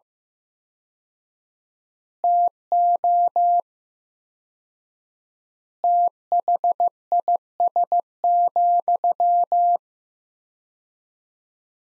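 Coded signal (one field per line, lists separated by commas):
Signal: Morse code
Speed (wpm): 16 wpm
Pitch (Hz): 700 Hz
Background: none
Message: TO THIS,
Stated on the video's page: Morse sentence practice from the top 400 words at 15 wpm with 4x word spacing, a Farnsworth-like method.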